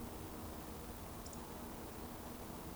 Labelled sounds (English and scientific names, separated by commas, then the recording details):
Eurasian Woodcock (Scolopax rusticola) whistle
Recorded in Baden-Württemberg, Germany, on 24 June 2020 at 20:18 UTC
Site 14569, 102 m above sea level